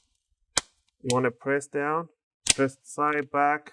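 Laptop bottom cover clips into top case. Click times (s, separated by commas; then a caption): 0.6 s. The plastic bottom cover of an Acer Aspire 5 A515-51-52BQ laptop is placed over the base and squeezed along the sides so its plastic clips snap into the top case. A sharp, loud click sounds at 0.6 s as the clips seat, and then someone talks.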